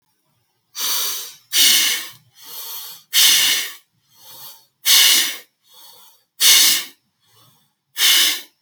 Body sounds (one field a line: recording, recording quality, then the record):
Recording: shallow breathing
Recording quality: excellent, no background noise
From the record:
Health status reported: healthy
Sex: male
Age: 23 years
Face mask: not worn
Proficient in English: yes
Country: India